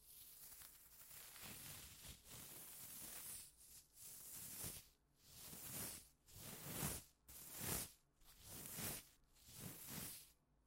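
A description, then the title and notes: Gloved hands rub and massage right against the ear, making a thick, rustling swish that fills the whole range from deep rumble to bright crinkle. It starts as a fairly steady rubbing, then breaks into regular strokes about once a second, each swelling and fading, with no voices. ASMR×KU100 | 手套耳朵按摩 | Gloves Ear Massage.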